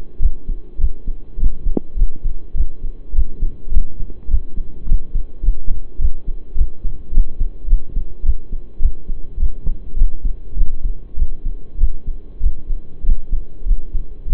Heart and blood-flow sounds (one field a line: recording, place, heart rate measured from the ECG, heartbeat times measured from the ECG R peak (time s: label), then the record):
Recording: heart sounds by stethoscope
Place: between the tricuspid and mitral areas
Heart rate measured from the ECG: 102 bpm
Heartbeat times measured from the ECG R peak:
0.20 s: heartbeat
0.79 s: heartbeat
1.38 s: heartbeat
1.96 s: heartbeat
2.55 s: heartbeat
3.14 s: heartbeat
3.71 s: heartbeat
4.29 s: heartbeat
4.87 s: heartbeat
5.43 s: heartbeat
5.99 s: heartbeat
6.56 s: heartbeat
7.12 s: heartbeat
7.68 s: heartbeat
8.24 s: heartbeat
8.80 s: heartbeat
9.38 s: heartbeat
9.96 s: heartbeat
10.56 s: heartbeat
11.17 s: heartbeat
11.78 s: heartbeat
12.41 s: heartbeat
13.04 s: heartbeat
13.66 s: heartbeat
14.27 s: heartbeat
From the record:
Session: pedaling a stationary bicycle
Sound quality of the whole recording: saturated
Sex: male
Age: 23 years